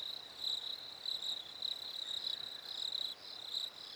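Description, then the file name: Crickets chirping, a high trill broken into repeated bursts, with a steady quiet hiss behind it. Recorded at a lake in winter. "fresh winter lake crickets birds"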